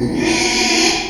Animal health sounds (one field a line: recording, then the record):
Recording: squeal of a Yucatan mini pig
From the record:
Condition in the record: after surgery on the right vocal fold (resection and tissue-engineered implant)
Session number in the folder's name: 2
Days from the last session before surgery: 13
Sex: male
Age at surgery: 12 weeks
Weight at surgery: 13 kg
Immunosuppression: cyclosporine, prednisolone